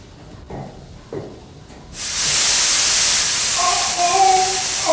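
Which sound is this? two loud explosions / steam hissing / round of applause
steam hissing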